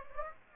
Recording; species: mosquito wingbeat signal from an infrared sensor; Aedes aegypti